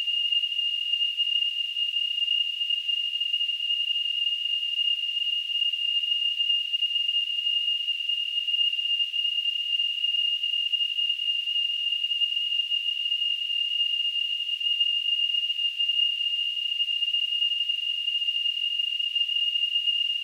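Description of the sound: A steady, high-pitched whistling tone near 3 kHz holds unchanged for about 20 seconds, with a faint hiss above it and no pulsing. It is a simulation of tonal tinnitus, the constant ringing some people hear in their ears.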